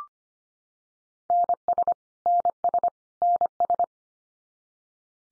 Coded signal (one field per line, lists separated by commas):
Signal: Morse code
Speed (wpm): 25 wpm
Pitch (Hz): 700 Hz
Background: none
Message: NS NS NS